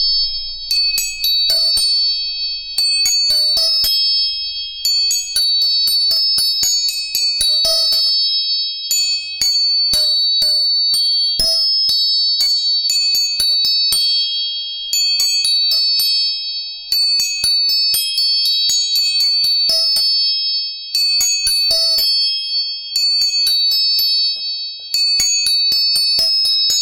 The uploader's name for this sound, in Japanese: 音叉チューニング